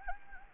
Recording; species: mosquito wingbeat signal from an infrared sensor; Anopheles gambiae